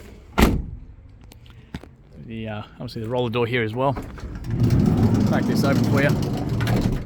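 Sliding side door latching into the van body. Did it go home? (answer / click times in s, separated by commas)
no / none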